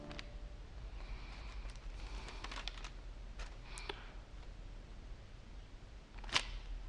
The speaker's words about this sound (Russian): Кабинет ее дяди. Он листает презентацию парка «Киевская Русь».